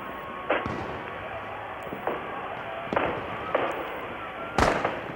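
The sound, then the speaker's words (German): Fireworks and firecrackers crackle at the opening of the bridge between Brooklyn and Manhattan on 25 May 1883, amid harbour noise. About six distinct sharp, irregular pops are spread over a few seconds, with the last one loudest, over a steady background hiss and murmur. “Mai 1883, der Tag, an dem die Brücke zum Knattern von Feuerwerkskörpern und einer Hafenkakophonie aus der Taufe gehoben wurde.”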